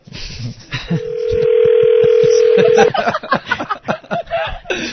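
A phone call's ringback tone sounds once, a steady, mid-pitched hum lasting about two seconds, followed by soft chuckling and people talking.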